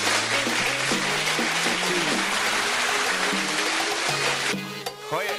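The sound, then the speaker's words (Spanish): Steady, dense applause from a crowd for the number one spot in a grupero music countdown, a continuous hiss of many clapping hands with a faint melodic line underneath, changing texture briefly near the end. “Así es que nos vamos a ir al peldaño número 1, que la verdad se merece un aplauso.”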